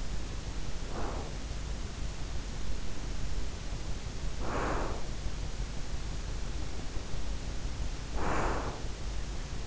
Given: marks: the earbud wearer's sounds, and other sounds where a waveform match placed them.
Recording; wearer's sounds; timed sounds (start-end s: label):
sounds in sleep by an in-ear microphone; breath
0.00-1.39 s: breath
2.72-5.29 s: breath
6.40-9.13 s: breath